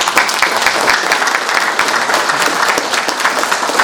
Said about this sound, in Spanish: ¿Por qué no aplaudir, hermanos? Les pido intensivamente un voto de aplauso, hermanos Antelmo, honorable.